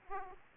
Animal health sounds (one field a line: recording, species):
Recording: mosquito wingbeat signal from an infrared sensor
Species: Aedes aegypti